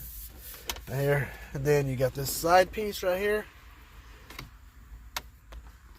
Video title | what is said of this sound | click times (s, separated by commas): C6 shifter cable repair | Everything just goes straight down and snaps right into place. Right | 0.7 s